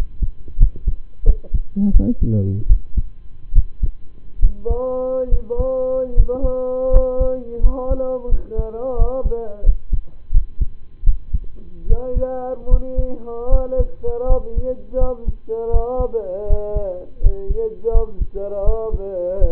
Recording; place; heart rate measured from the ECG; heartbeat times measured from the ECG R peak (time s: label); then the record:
heart sounds by stethoscope; between the tricuspid and mitral areas; 80 bpm
0.57 s: heartbeat
1.24 s: heartbeat
1.91 s: heartbeat
2.67 s: heartbeat
3.52 s: heartbeat
4.39 s: heartbeat
5.29 s: heartbeat
6.13 s: heartbeat
6.90 s: heartbeat
7.60 s: heartbeat
8.28 s: heartbeat
8.95 s: heartbeat
9.63 s: heartbeat
10.31 s: heartbeat
11.04 s: heartbeat
11.86 s: heartbeat
12.68 s: heartbeat
13.49 s: heartbeat
14.26 s: heartbeat
14.97 s: heartbeat
15.70 s: heartbeat
16.46 s: heartbeat
17.20 s: heartbeat
17.91 s: heartbeat
18.63 s: heartbeat
19.38 s: heartbeat
From the record:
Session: rest, lying down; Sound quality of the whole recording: partially saturated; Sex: male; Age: 25 years